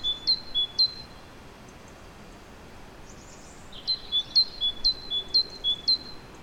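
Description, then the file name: Great tit singing a steady see-saw of high and lower whistled notes, pausing briefly while a faint soft call is heard, then repeating the phrase again. "Parus major"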